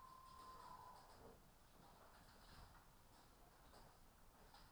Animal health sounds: poultry house recording; healthy chickens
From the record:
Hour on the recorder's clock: 15

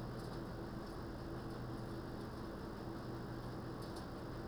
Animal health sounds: poultry house recording; no chicken sound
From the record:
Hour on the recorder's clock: 21

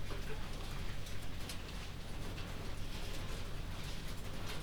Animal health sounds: poultry house recording; healthy chickens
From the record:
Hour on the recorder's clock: 23

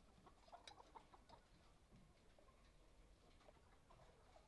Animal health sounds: poultry house recording; healthy chickens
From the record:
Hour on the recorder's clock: 12

